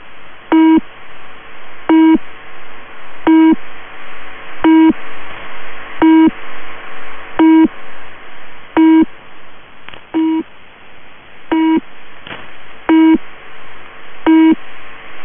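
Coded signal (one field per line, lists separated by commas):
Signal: channel marker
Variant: UVB-76 Low Pip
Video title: [UVB-76] The New "Low Pip" Channel Marker #uvb76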